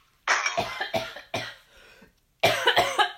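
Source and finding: Cough.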